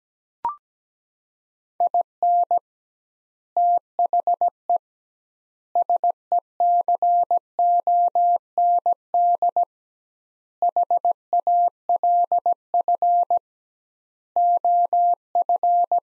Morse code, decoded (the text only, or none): IN THE SECOND HALF OF